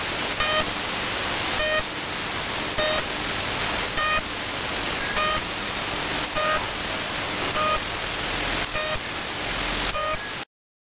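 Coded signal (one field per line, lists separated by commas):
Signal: channel marker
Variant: The Pip (S30)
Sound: short buzzy pips repeating about once a second through loud hiss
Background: radio static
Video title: 3756 kHz The Pip (Number Station)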